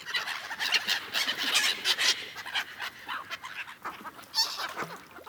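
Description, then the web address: Gulls giving harsh, nasal squawks and cries in irregular bursts, several birds calling over one another. "best service Blue Box birds seagulls"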